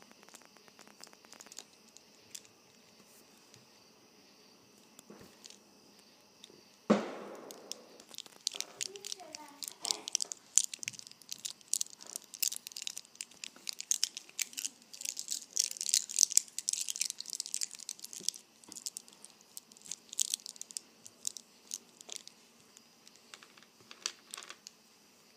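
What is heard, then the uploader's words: A bracelet being played with: small clicks, rattles and scrapes of beads or links, sparse at first, then a sharp clatter near seven seconds. After that the tapping and jingling grows busier and brighter, dense and irregular through the middle, thinning toward the end. Playing with my Bracelet.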